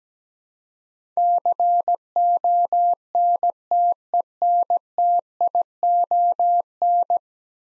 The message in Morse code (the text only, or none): CONTENTION